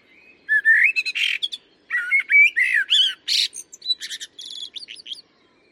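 Common blackbird song: mellow fluting whistles, followed by squeaky, scratchy high twittering notes.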